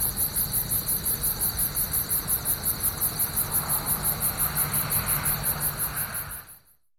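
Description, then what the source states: Cicada chorus in rapid, regular high-pitched pulses with a constant shrill tone, low traffic hum beneath, fading away to silence near the end. Cicadas recorded with a city background.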